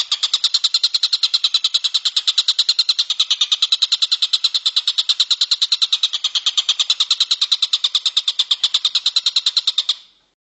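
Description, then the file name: Stork-billed kingfisher giving a long, fast series of sharp, high repeated notes, about three per second, steady and unbroken for ten seconds before stopping abruptly. Call type given as the "tembakan" (shooting) song style. "suara tembakan tengkek buto"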